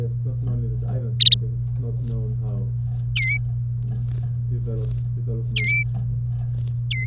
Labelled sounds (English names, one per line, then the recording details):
Domestic Canary song
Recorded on 30 April 2018 at 15:04
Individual llb3